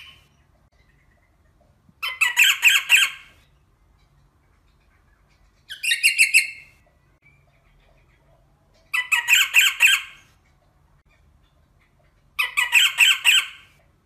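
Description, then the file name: Rosella making harsh, rasping squawk bursts, each lasting about a second and repeated every three to four seconds, over a low steady hum. "Canto da Rosela"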